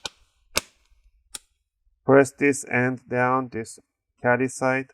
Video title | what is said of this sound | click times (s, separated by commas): Lenovo Ideapad 320 SSD HDD Upgrade , Step by Step | then push it down to the side. Make sure you hear those clicks. | 0.1 s, 0.6 s, 1.4 s